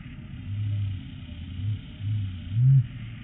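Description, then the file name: Blue-billed curassow producing very low, droning booms: several soft humming notes, the last one strongest, with a faint constant hum behind. "Blue billed Curassow Crax alberti"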